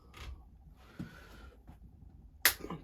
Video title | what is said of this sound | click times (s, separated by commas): How to replace/fit bicycle lock on grips. New grip day with @WatchODI | pop that in heard it click | 2.4 s